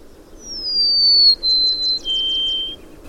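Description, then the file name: Golden-crowned sparrow song: three clear whistled notes, each slightly lower than the last, the middle one with a faint fluttering edge. Three notes heard as "I see you, come see me" or "oh pretty bird". "michelle sparrow"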